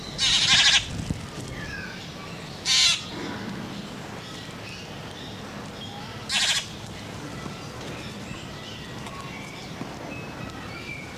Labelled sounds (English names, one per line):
San Blas Jay call